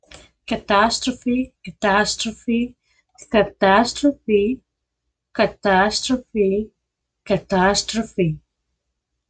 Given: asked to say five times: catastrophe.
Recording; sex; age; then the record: repeated word; female; 40 to 49 years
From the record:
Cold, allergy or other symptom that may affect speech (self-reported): no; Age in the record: 44 years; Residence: Texas, United States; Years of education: 14